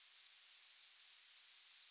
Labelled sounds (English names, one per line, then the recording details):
Yellowhammer song
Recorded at under 5 m from the bird
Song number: 117